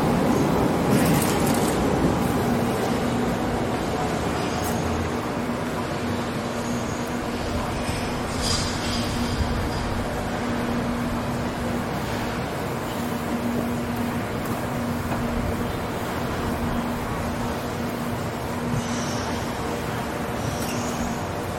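Walking along George Street from Circular Quay to Town Hall, with a dense, steady roar of traffic and vehicles throughout. A low engine hum holds underneath. Brief bright clicks and squeals break through around 1, 8 and 19 seconds.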